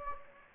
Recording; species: mosquito wingbeat signal from an infrared sensor; Anopheles gambiae